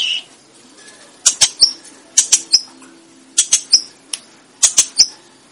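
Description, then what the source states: Sooty-headed bulbul giving clusters of three shrill, clipped chirps about once a second, with an occasional sharp click. Bird described as gacor, singing actively and persistently.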